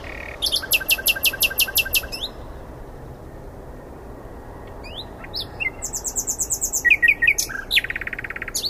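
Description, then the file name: Common nightingale singing in separate phrases: a rapid series of clipped notes, a gap, then varied chirps and another fast run of repeated notes. "Luscinia megarhynchos"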